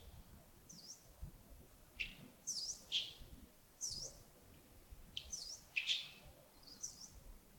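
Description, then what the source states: Bird chirps, scattered sharp high notes coming singly and in quick pairs, with quiet gaps and soft background noise. Early morning, Yagongding, 28 December 2025, around 07:40.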